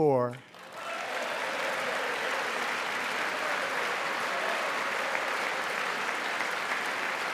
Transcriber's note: applause